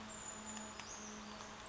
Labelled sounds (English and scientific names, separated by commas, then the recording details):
Brown Creeper (Certhia americana)
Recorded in Sonoma County, California